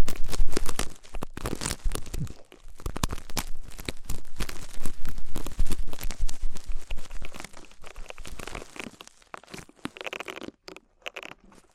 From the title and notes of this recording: ASMR Deep Ear Treatment for Sleep (No Talking).